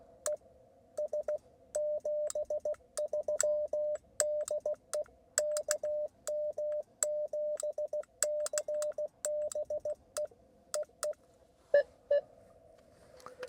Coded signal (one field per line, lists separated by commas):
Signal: Morse code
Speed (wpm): 15 wpm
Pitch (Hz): 600 Hz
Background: radio noise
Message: ES 73 DE KM7CBE EE E E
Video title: Wind, Wire, and QRP — A CW POTA Activation at Montezuma’s Pass